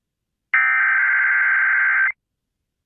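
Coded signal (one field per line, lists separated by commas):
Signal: Emergency Alert System (SAME) tones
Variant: header bursts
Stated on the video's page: Virtual, simulated tornado watch alert.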